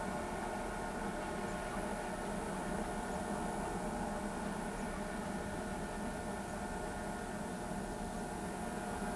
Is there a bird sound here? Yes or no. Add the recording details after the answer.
no. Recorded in pastures near Pivijay, Magdalena, Colombia, on 15 April 2023 at 18:00. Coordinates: 10.456, -74.369. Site P6-G026